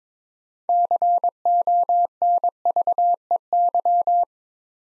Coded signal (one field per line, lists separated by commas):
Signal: Morse code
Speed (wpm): 22 wpm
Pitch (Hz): 700 Hz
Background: none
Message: CONVEY